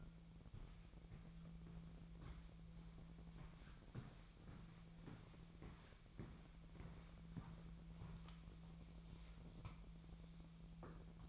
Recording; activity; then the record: daily activity, microphone in the room; walk to room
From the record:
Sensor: 1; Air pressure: 1012.3 hPa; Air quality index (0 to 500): 193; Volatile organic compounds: 4 ppm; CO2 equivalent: 1551 ppm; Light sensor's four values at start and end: 78/186/78/82 and 75/172/76/80